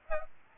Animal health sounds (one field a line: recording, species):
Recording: mosquito wingbeat signal from an infrared sensor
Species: Aedes albopictus